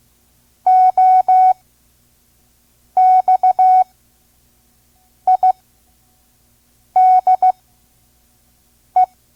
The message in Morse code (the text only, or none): OXIDE